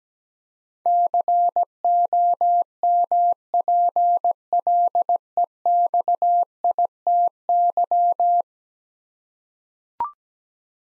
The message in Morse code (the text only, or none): COMPLEXITY